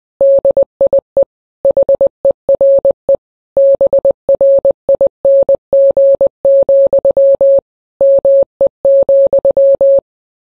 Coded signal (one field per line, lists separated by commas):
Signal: Morse code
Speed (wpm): 20 wpm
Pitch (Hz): 550 Hz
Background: none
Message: DIE HERE BRING, ME,